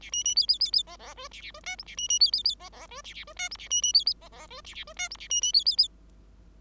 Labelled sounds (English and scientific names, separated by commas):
Bengalese Finch (Lonchura striata domestica) song